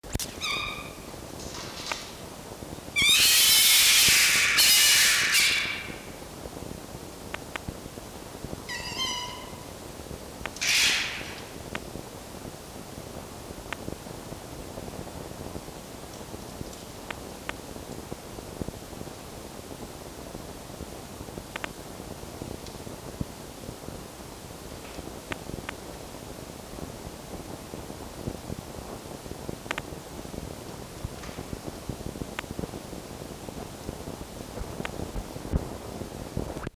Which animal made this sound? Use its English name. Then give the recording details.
Red Fox. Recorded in captivity. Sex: male. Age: adult. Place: Zoologisches Institut der HUB, Berlin, DE. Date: 1954-02-08 18:00. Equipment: Elmetra. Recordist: Tembrock, Günter. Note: Fritz: Unterlegenheitsdemonstration